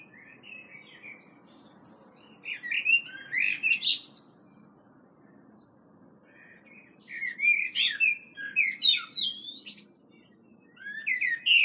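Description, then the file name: Common blackbird song in several bursts of rich fluted whistles broken by sharp high twittering notes, separated by quiet gaps. "Turdus merula"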